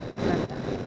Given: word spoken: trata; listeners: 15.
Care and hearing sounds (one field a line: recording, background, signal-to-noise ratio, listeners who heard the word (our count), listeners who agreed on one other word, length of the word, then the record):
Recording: one Spanish word in noise, from a listening test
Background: noise modulated by three-talker babble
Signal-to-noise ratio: -6.8 dB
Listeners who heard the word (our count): 0 of 15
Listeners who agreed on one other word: 7 of 15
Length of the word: 0.46 s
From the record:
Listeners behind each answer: 7, 3, 1, 1, 1, 1, 1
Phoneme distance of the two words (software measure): 27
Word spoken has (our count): 2 syllables, 5 phonemes, stress on syllable 1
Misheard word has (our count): 2 syllables, 6 phonemes, stress on syllable 1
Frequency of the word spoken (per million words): 234.29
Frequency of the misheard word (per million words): 69.40